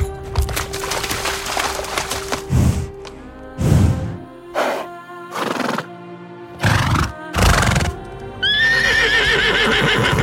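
Horse giving several heavy, noisy bursts, then a loud, quavering whinny that carries on to the end.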